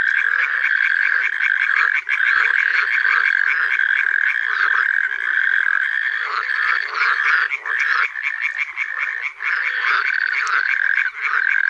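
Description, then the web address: Dense frog chorus, many callers producing rapid rattling croaks, with brief dips in loudness between bursts of overlapping calls. Frog concert (chorus) recorded in a forest. "Tajemnice puszczy Koncert zab"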